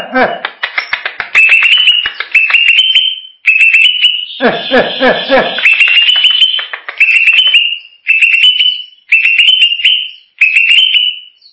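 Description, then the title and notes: Greater green leafbird song: quick clicking notes, then loud whistled rising phrases repeated many times, broken by a harsh, buzzy chattering burst midway. A champion bird. "Kicau Burung Cucak Ijo Juara. Suara kicauan burung cucak ijo"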